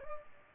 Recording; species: mosquito wingbeat signal from an infrared sensor; Culex pipiens